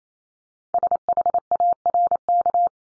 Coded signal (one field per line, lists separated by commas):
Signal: Morse code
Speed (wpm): 28 wpm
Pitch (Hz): 700 Hz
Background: none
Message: SHARK